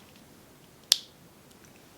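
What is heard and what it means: A plastic replacement needle head is twisted back onto the handle of a Banish 3.0 microneedling tool, repeating the twist-on so the click can be heard. A single sharp, bright click at 0.9 s stands out from a quiet background, with a brief fading tail and only a faint soft tick around 1.5 s. The head is seated and the tool is ready to go.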